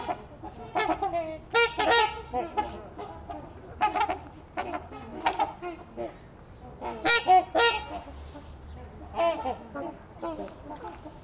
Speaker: the trumpeter swan went extinct in this part of the world a long time ago, but they were still in Western North America. Got reintroduced here about 30 years ago